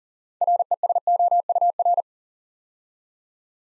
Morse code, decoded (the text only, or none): RESOUR